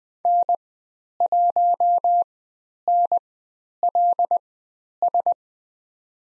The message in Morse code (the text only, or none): N1NLS